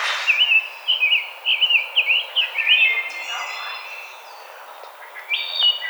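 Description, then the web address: Rose-breasted grosbeak song: a lively string of clear, rolling whistled notes for three seconds, followed by thin calls from other birds and a brief closing phrase. Recorded 5 May 2007. "Rose-breasted Grosbeak 2007 05 05 Rose-breasted Grosbeak"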